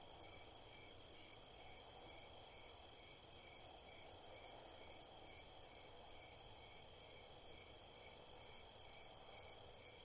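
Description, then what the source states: Crickets chirping, a dense high-pitched chorus of rapid pulses repeating several times a second, steady throughout with several overlapping callers. Crickets chirping at night in a cornfield.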